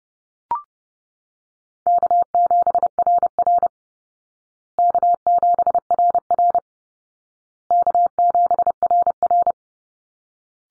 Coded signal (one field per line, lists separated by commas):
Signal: Morse code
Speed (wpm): 30 wpm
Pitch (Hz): 700 Hz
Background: none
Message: K7RR K7RR K7RR